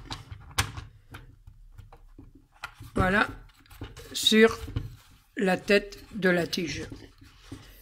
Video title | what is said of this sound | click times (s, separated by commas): Support tablettes Arkon | on à la partie qui va accueillir la tablette qui va venir se clipser voilà | 0.6 s